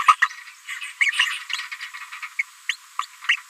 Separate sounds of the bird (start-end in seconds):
0.22-0.28, 1.00-1.11, 1.71-1.75, 2.39-2.42, 2.69-2.76, 3.01-3.06